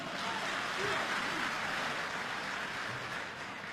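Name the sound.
audience applause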